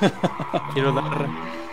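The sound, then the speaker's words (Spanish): A voice imitates a car speeding off with screeching tires: four quick rhythmic bursts, then a long, loud, wavering squeal whose pitch slides up and down before fading. “Quiero dar la bienvenida al señor del carro. ¿Cómo está, señor? ¿Lleva mucha prisa?”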